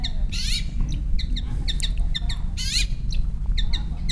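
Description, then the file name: Long-tailed shrike giving two harsh, rasping squawks, with shorter chirps and notes scattered between them over a steady low rumble. "shrike-long-tailed -Lanius-schach"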